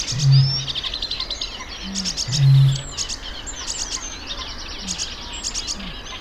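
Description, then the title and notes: Eurasian bittern giving two deep resonant booms about two seconds apart, the second preceded by a softer grunting note, over a constant chatter of singing reed and sedge warblers. Recorded 24 April 2015 in a reedbed; sedge and reed warblers singing; a quick warm-up note precedes a boom. "Bittern Sound Spectrogram. By John Willsher"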